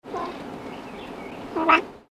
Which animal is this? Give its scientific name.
Felis silvestris